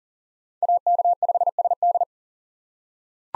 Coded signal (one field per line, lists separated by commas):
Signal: Morse code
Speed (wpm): 40 wpm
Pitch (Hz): 700 Hz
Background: none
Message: AK5SD